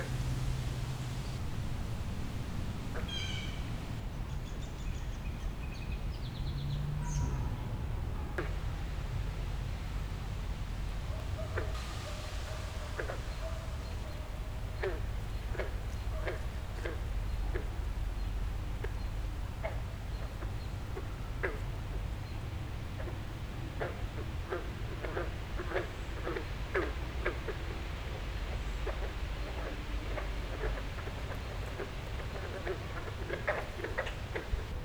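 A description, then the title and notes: Frogs croak in a wetland over a steady, heavy low rumble that fills the whole clip. Sharp clicking calls start sparsely and come faster after about 15 seconds, repeating irregularly. A few faint higher chirps appear early on. Frogs Croaking in the Wetlands of Cold Spring Park - Newton, Massachusetts.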